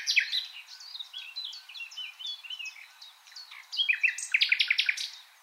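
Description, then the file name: Common nightingale singing a varied run of warbled whistles and chirps, ending in a loud series of rapidly repeated sharp notes. "Luscinia megarhynchos"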